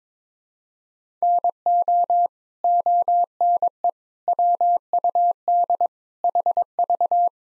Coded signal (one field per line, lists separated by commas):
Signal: Morse code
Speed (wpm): 22 wpm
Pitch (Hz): 700 Hz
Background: none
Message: NO ONE WUD HV